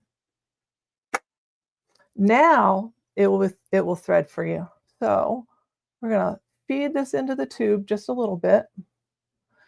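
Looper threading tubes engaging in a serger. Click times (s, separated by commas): 1.1 s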